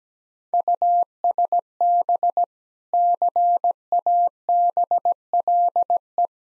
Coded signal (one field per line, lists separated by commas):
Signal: Morse code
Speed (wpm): 17 wpm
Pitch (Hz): 700 Hz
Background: none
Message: USB CABLE